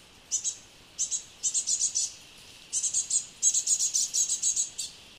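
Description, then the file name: Great tit producing quick runs of high-pitched call notes, broken by short silences, the later run longer and denser. "Parus major"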